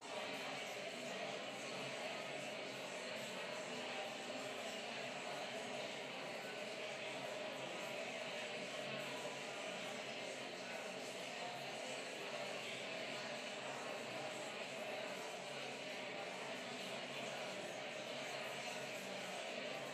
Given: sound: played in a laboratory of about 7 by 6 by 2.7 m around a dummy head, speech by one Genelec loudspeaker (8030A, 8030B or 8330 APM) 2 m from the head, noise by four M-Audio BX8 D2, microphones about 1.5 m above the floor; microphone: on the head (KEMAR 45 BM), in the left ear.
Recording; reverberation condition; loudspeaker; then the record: babble noise; high; four, about 170 cm from the corners of the room and facing them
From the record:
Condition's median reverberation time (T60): about 1300 ms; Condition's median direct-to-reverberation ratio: about -4.0 dB